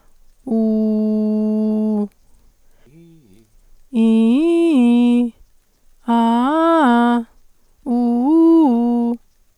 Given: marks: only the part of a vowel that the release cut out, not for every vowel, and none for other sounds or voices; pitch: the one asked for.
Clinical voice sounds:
sustained vowels; female; 40 to 49 years; 0; 0; 0
0.55-1.97 s: vowel /u/, low pitch
4.00-5.18 s: vowel /i/, low-high-low pitch
6.12-7.14 s: vowel /a/, low-high-low pitch
7.92-9.09 s: vowel /u/, low-high-low pitch
From the record:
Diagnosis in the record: hyperfunctional dysphonia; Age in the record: 44 years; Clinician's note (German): Tendenz dazu

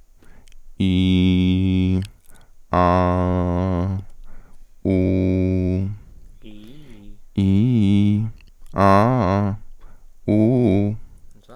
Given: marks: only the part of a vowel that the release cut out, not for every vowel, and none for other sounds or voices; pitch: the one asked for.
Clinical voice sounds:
sustained vowels; male; 20 to 29 years; 1; 0; 0
0.89-1.89 s: vowel /i/, low pitch
2.89-3.77 s: vowel /a/, low pitch
4.94-5.76 s: vowel /u/, low pitch
7.43-8.14 s: vowel /i/, low-high-low pitch
8.82-9.45 s: vowel /a/, low-high-low pitch
10.33-10.86 s: vowel /u/, low-high-low pitch
From the record:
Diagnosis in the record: healthy voice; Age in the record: 21 years

